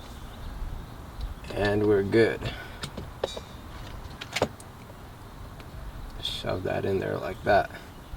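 Someone talks while shoving the plastic door courtesy light housing into its opening in the door trim panel of a G35, with short sharp handling taps and rustles between the speech. The clip ends before the housing goes home, so nothing has seated or clicked yet.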